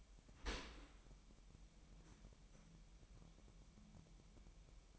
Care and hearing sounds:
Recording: daily activity, microphone in the room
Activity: open dishwasher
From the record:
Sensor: 1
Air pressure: 998.4 hPa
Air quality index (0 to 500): 138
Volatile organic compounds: 4 ppm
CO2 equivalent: 1653 ppm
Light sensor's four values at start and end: 16/56/22/22 and 16/56/22/22

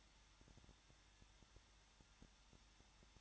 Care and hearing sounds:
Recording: daily activity, microphone in the room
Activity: no activity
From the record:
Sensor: 3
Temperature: 21.2 degrees Celsius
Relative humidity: 36.4%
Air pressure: 1006.4 hPa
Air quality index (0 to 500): 222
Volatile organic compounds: 42 ppm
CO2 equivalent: 3182 ppm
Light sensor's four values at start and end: 2/3/2/2 and 2/3/2/2

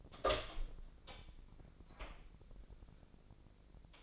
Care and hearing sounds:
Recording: daily activity, microphone in the room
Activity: open door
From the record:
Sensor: 5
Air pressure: 1009.4 hPa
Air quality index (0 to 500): 167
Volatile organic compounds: 2 ppm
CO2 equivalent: 1277 ppm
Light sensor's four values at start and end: 180/427/181/197 and 179/425/181/196

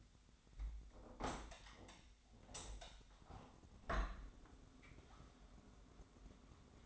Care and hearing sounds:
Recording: daily activity, microphone in the room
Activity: open window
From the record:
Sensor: 3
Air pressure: 1006.6 hPa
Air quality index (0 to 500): 205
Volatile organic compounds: 18 ppm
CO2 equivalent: 2620 ppm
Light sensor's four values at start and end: 10/24/10/10 and 10/24/10/10

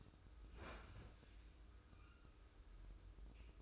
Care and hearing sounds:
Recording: daily activity, microphone in the room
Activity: open fridge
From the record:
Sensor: 2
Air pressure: 995.1 hPa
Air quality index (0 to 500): 65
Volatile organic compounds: 2 ppm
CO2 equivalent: 1112 ppm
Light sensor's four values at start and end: 17/55/22/21 and 17/55/22/21

